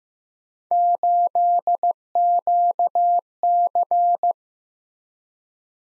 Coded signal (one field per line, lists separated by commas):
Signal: Morse code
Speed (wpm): 15 wpm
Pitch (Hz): 700 Hz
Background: none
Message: 8QC